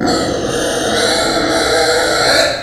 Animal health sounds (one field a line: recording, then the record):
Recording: squeal of a Yucatan mini pig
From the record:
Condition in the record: before surgery on the right vocal fold (resection and tissue-engineered implant)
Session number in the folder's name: 3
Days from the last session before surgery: 0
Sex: female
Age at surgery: 19 weeks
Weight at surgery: 25 kg